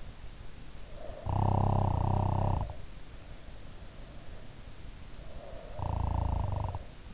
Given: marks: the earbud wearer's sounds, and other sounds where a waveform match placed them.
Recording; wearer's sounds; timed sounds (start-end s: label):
sounds in sleep by an in-ear microphone; snoring breath
1.03-3.26 s: snoring breath
5.26-7.14 s: snoring breath